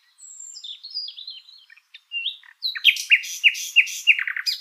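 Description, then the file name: Common nightingale song: soft whistled notes, then a series of loud, sharp, downslurred repeated notes. "Luscinia megarhynchos"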